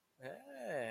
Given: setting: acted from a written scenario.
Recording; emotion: vocal sound without words; adoration